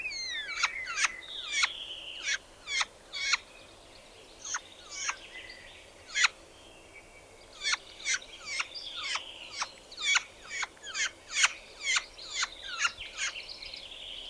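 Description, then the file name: Spotted nutcracker song, a long run of sharp clicking, creaking notes, some with short whistled slurs, repeated in fairly quick succession with brief pauses. "Tannenhäher Gesang"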